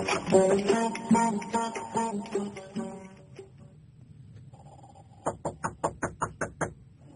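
A tonal, musical passage fades out, and after a short lull comes a rapid, evenly paced run of about nine sharp, loud knocks on a door late at night.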